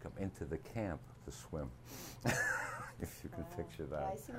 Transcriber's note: laughs